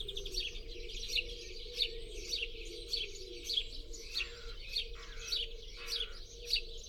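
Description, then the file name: European greenfinch calling with a steady run of high chirps, roughly two a second, over a constant low hum, with some lower notes in the second half. "Chloris chloris"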